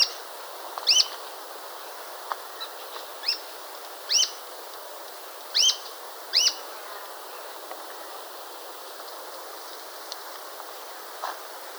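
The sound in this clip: Bird calls: short high chirps with a hooked downward turn, given singly and in pairs at uneven gaps, against a constant background hiss.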